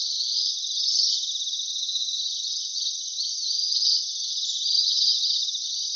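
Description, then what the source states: Ashy minivet calls, continuous high jingling trills that rise and fall in strength without pause. Recorded 2016-09-08.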